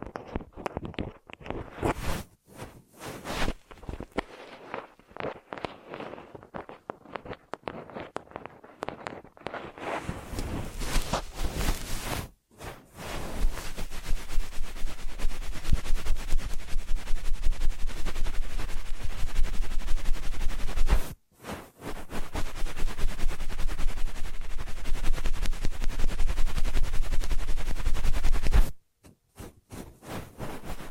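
Ear massage triggers begin as a run of irregular rubbing and tapping strokes for about ten seconds. Then come long, dense stretches of steady rough rubbing with a low rumble, cut by brief silences near 12, 21 and 29 seconds.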